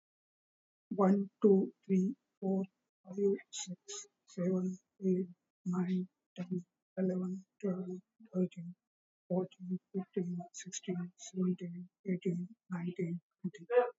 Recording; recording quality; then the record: counting at a normal pace; excellent, no background noise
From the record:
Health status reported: COVID-19 positive, mild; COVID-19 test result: positive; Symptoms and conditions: sore throat, diabetes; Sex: male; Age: 70 years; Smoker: not ticked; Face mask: not worn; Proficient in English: yes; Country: India